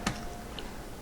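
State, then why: Partly seated. A metal I/O shield is pressed into the rear opening of a Corsair Obsidian 250D Mini ITX PC case. A sharp click is heard at 0.1 s as one corner snaps in, followed by a fainter tick at 0.6 s. The shield is only partly seated: one edge clicked in, but the other edge has popped back out.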